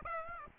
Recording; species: mosquito wingbeat signal from an infrared sensor; Aedes aegypti